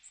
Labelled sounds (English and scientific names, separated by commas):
Magnolia Warbler (Setophaga magnolia) flight call